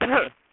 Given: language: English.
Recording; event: throat vibration sensor signal played as sound; cough